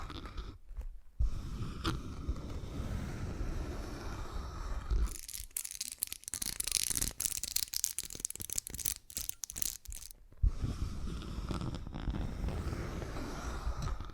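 ASMR triggers that change quickly and unpredictably. Low rumbling, rustling handling sounds fill the opening five seconds, then a bright, hissy scratching section with rapid crackling taps runs to about ten seconds, before the low rubbing returns with a sharp knock near 10.5 seconds.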